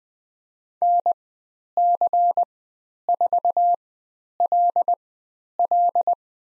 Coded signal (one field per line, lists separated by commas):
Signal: Morse code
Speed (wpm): 20 wpm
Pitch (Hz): 700 Hz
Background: none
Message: NC4LL